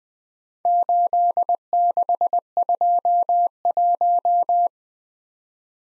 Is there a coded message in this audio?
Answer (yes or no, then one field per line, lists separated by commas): yes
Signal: Morse code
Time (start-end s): 0.7-4.7 s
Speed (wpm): 23 wpm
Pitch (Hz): 700 Hz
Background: none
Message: 8621